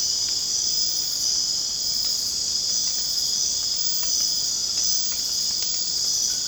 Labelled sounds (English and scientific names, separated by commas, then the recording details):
none
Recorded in secondary vegetation near Puerto Asís, Putumayo, Colombia, on 27 June 2025 at 22:00
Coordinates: 0.484, -76.319
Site G074